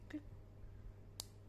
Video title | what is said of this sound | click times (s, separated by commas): Emas Perhiasan Gelang Emas Model Bangkok Classic dan Menarik | nah tekek gitu udah nah ini lingkar lingkar | 1.2 s